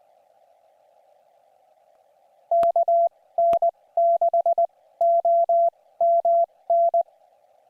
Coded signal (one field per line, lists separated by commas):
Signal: Morse code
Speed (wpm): 20 wpm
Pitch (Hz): 680 Hz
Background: none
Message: KN6OMN